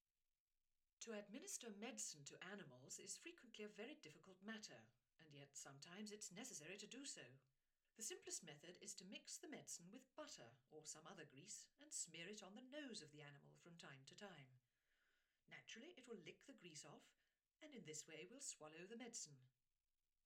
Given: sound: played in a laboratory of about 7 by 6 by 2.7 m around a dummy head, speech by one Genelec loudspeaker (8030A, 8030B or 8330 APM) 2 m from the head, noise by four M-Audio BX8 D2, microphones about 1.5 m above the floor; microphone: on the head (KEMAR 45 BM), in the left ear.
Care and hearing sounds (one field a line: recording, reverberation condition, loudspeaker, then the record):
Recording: female speech in English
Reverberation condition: low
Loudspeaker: 60 degrees to the left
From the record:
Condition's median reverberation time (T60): about 310 ms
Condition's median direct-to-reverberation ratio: about 3.5 dB